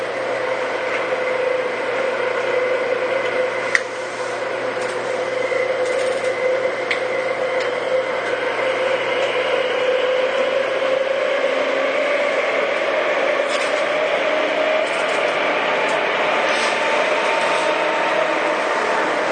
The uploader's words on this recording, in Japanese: 東武9000系 小竹向原ー日吉。東京メトロ副都心線→東急東横線の区間で録音。急行運用のため、モーター音が激しいです。